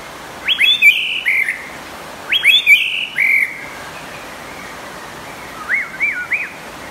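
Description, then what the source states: White-rumped shama song: loud rich whistled phrases with sharply rising notes, given twice, then a softer series of three rising whistles. Champion bird from a singing contest.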